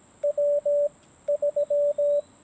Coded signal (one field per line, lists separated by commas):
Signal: Morse code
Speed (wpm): 17 wpm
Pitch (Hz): 580 Hz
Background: radio noise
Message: W 3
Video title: POTA Activation with a Sudden Lighting Storm